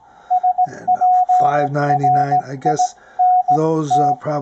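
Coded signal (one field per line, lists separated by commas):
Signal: Morse code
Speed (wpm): 17 wpm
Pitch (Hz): 720 Hz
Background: speech, radio noise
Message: SWRINT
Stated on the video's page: Received on a Ten-Tec Omni VI with a Timewave DSP-9 filter reducing noise.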